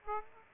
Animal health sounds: mosquito wingbeat signal from an infrared sensor; Aedes aegypti

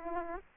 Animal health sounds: mosquito wingbeat signal from an infrared sensor; Aedes aegypti

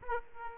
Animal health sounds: mosquito wingbeat signal from an infrared sensor; Aedes aegypti

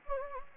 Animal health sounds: mosquito wingbeat signal from an infrared sensor; Anopheles gambiae

